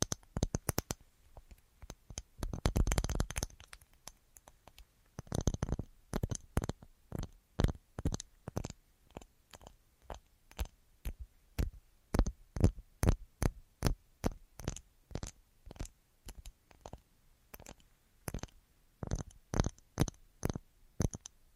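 Tapping on assorted surfaces, a long run of sharp, dry taps at a quick, fairly steady pace throughout. Around the third and sixth seconds the taps bunch into dense, louder flurries, then settle back into evenly spaced single strikes.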